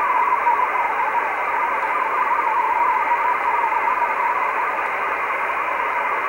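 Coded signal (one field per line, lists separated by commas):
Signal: multi-tone FSK (Olivia or MFSK type)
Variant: Olivia 8/500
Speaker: So that's nice little decoding of an Olivia signal. Olivia being a digital mode.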